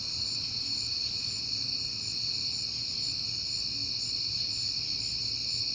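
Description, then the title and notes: Crickets sing a shrill, steady chorus, with a rapidly pulsing higher trill layered over the constant tones and a quiet low hum. Crickets heard often in September; recorded at night on a peaceful night. "Night Time: Crickets and Passing Cars. It is September and I have been hearing the crickets a lot, but finally had a peaceful night to make the recording"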